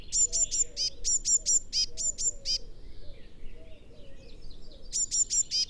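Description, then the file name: Eurasian blue tit calls: quick groups of high, thin notes, then a pause of over two seconds before a last group, with soft lower notes underneath. "Cyanistes caeruleus"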